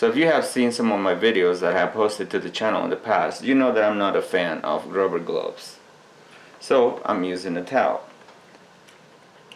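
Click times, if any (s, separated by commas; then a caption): none. Someone talks while holding a replacement tail/brake light bulb for a 4th generation Mustang in a towel, getting ready to push it into its plastic socket. After the talking stops, only faint handling noise is heard, and the clip ends before the bulb goes in, so nothing has seated or clicked yet.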